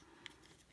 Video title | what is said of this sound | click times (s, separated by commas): Studio Series 86 - 23 Voyager Class Autobot Ratchet Review - Transformers The Movie | and kind of click this into place like so | 0.3 s